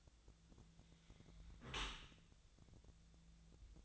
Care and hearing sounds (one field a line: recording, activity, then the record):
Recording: daily activity, microphone in the room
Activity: close dishwasher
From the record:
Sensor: 3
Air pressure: 1000.5 hPa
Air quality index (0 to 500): 174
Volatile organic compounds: 3 ppm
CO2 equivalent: 1501 ppm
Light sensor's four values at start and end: 13/35/14/15 and 13/35/14/15